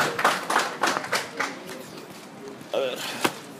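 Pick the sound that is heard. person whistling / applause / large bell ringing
applause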